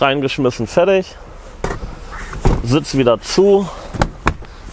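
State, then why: Seated. Someone talks while a storage compartment lid in the cabin of a CF Moto UForce 1000 UTV is pressed down. It gives two sharp clicks at 4.0 s and 4.3 s as it passes through two detent notches and latches shut.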